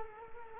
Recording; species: mosquito wingbeat signal from an infrared sensor; Culex quinquefasciatus